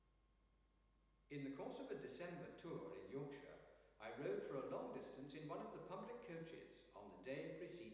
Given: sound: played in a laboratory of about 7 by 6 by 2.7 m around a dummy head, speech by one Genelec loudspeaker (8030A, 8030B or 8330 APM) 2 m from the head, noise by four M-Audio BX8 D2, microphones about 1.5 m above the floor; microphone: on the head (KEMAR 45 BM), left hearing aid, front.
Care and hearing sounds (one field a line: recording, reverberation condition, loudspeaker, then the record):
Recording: male speech in English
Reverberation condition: high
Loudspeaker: 60 degrees to the left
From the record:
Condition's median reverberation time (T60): about 1300 ms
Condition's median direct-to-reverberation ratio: about -4.0 dB